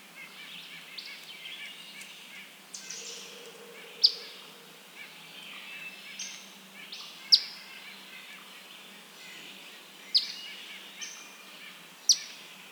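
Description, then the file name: Eastern phoebe giving several clipped high chip notes at uneven intervals, alongside faint thin sounds and a soft hiss. "Eastern Phoebe - Sayornis phoebe"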